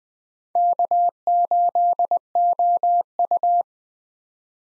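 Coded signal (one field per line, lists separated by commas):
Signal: Morse code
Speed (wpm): 20 wpm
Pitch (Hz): 700 Hz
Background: none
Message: K8OU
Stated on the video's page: Morse head-copy drill of US 4-character call signs at 20 wpm, each sent twice.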